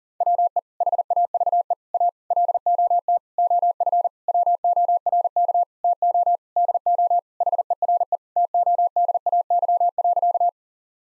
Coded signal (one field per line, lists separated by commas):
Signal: Morse code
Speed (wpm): 40 wpm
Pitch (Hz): 700 Hz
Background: none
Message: WE HAVE A LOT OF WORK TO DO HERE TODAY.